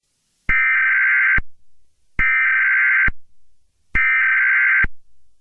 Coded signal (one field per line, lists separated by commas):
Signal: Emergency Alert System (SAME) tones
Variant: header bursts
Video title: EAS Scenario 10: Fall guys invasion